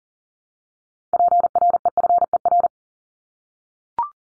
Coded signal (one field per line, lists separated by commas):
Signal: Morse code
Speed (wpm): 40 wpm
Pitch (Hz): 700 Hz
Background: none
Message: PREFER